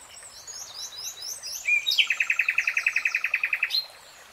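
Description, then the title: Nightingale song: softer high chirps, then a fast run of many loud, even pulses. Three-hour real-time recording of a nightingale singing. "[Tiếng chim hót] 3 Hours REALTIME Nightingale Singing"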